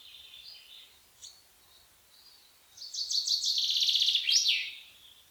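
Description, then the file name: Common chaffinch song: after a few faint high notes, one bright, rattling descending trill ends in a sharp flourish. "pinsondesarbres"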